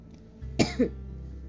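Two short, fairly dry cough bursts from an adult woman.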